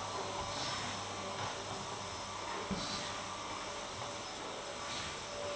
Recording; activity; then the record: daily activity, microphone in the room; vacuum cleaning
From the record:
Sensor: 3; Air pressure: 1011.9 hPa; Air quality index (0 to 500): 236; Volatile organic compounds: 5 ppm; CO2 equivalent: 1750 ppm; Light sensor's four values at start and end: 11/26/11/11 and 11/25/10/10